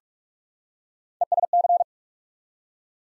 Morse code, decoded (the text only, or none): ESC